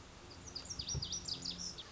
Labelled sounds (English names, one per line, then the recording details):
Lazuli Bunting
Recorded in Sonoma County, California